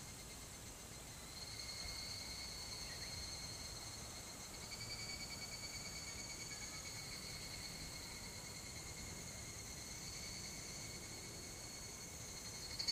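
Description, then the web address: Higurashi cicada song, a faint steady high ringing tone without clear pulses, over broad low background noise. "kanakana higurashi"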